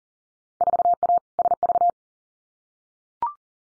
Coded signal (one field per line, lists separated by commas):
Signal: Morse code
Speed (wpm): 42 wpm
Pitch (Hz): 700 Hz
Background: none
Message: 4A SV